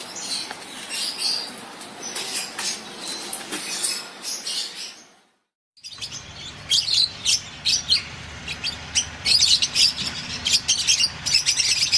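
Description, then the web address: Fischer's lovebird chatter, sharp high shrieks and squeaks repeated rapidly, broken by a short silence midway. Lovebirds, genus Agapornis, singing. "golosa ptic kak poyut popugai nerazlucniki agapornis. parrots agapornis-fischeri"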